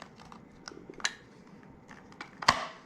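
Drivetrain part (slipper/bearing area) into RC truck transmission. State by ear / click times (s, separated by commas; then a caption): seated / 2.5 s. A drivetrain part in the slipper and bearing area, found not fully in, is pushed again into the transmission of a Traxxas Rustler 4x4 RC truck. Several small clicks and ticks, including sharper ones near 1.1 s and 2.4 s, lead to a sharp loud snap at 2.5 s as the part seats home.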